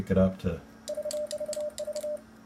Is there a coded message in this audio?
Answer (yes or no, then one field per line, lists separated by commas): no